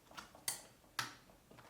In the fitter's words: Like so, until it snaps in.